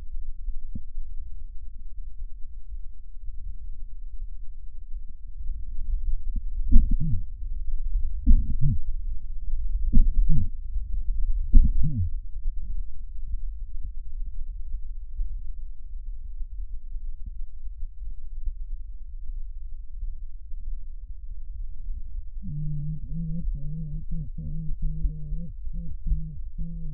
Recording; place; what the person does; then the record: lung sounds by stethoscope; left posterior apical chest; quiet breathing, then cough and speech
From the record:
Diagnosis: COPD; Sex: female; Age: 80 years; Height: 160 cm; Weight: 62 kg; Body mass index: 24.2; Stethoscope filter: bell mode